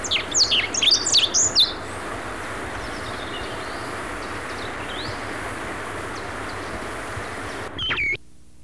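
Chestnut-breasted mountain finch giving quick high twittering chirps in the opening second and a half, then one more note near the end, against rushing noise that cuts off near the end.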